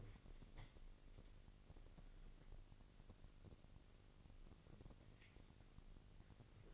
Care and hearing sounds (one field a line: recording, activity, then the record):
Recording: daily activity, microphone in the room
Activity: wipe stove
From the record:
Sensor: 4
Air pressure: 1002.4 hPa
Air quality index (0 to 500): 216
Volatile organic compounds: 12 ppm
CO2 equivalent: 2328 ppm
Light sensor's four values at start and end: 18/66/24/24 and 18/66/24/24